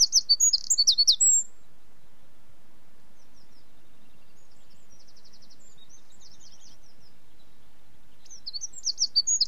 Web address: sonido del canto de los pajaros en el bosque de los urales centrales